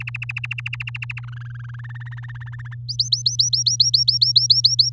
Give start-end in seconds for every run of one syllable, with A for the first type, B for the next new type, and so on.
0.00-1.20 A, 1.23-1.81 B, 1.84-2.74 C, 2.88-4.89 D